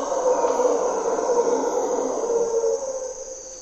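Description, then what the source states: Mantled howler monkeys giving a continuous low, gravelly roar that wavers in loudness and eases off near the end, over a constant shrill insect hum. Howlers at morning twilight, waking the forest, in primary hardwood forest above a deep river valley, Corcovado National Park, Osa Peninsula, Costa Rica; local name Monos Congos.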